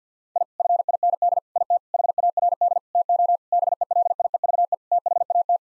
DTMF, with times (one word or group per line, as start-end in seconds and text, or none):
none